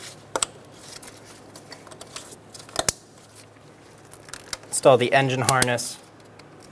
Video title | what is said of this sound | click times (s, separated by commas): How to Replace Valve Cover Gasket 2007-2012 Nissan Altima | push until you hear a click | 0.4 s, 2.9 s